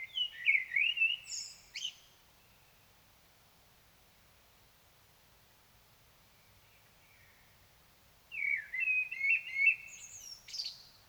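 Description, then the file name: Common blackbird giving two warbled, fluty song phrases, each closing with thin high squeaks, separated by about six seconds of quiet. "Turdus merula"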